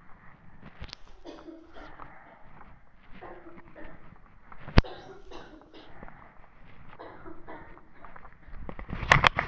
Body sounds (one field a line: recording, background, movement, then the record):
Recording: deep breathing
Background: a bystander coughing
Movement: walking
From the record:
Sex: female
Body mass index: 18.8 kg/m2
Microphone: on the chest, facing the body